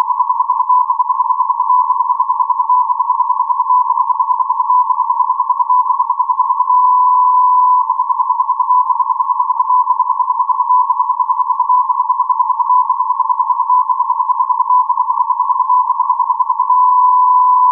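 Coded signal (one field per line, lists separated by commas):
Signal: radio time signal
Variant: Beta (RJH77)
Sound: steady tone near 1 kHz with rapid, regular brief breaks from on-off keying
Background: radio static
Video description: 12:46 : Time code, on-off modulation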